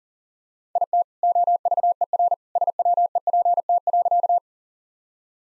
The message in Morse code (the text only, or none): IT OVERSWEPT.